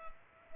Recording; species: mosquito wingbeat signal from an infrared sensor; Culex pipiens